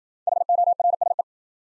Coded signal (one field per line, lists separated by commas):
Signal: Morse code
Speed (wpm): 53 wpm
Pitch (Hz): 700 Hz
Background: none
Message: HORSE